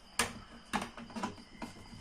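A wireless room thermostat body is pressed onto its previously mounted wall back plate. It snaps into place with one sharp, loud click at 0.2 s, and the thermostat sits seated. Two fainter taps follow at about 1.0 s and 1.6 s.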